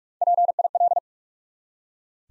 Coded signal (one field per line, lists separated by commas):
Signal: Morse code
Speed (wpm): 44 wpm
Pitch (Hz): 700 Hz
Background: none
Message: PIL